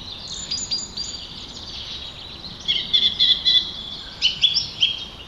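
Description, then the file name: Song thrush song: a faint scratchy passage, then clear whistled notes repeated in short groups, with background hiss throughout. "Turdus philomelos - Song Trush"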